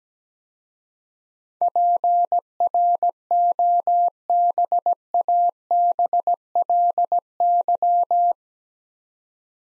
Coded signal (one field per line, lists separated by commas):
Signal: Morse code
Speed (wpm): 17 wpm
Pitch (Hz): 700 Hz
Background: none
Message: PROBABLY